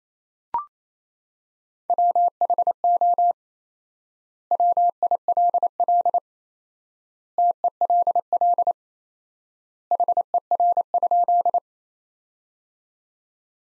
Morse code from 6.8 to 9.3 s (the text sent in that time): TELL